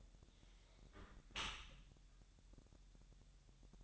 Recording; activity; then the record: daily activity, microphone in the room; close dishwasher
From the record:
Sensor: 3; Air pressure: 1000.4 hPa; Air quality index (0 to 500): 247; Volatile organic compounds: 169 ppm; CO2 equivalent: 4100 ppm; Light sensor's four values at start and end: 10/24/10/10 and 10/24/10/10